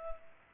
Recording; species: mosquito wingbeat signal from an infrared sensor; Culex pipiens